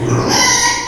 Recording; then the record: squeal of a Yucatan mini pig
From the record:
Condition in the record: before surgery on the right vocal fold (resection and tissue-engineered implant); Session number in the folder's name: 2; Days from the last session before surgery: 0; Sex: male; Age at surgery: 12 weeks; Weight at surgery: 13 kg